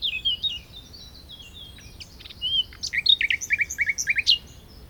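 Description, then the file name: Common nightingale singing: a soft wavering whistle, then rising sharp notes and a quick run of repeated chipping sounds. "Luscinia megarhynchos"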